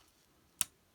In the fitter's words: and you'll kind of hear like a soft click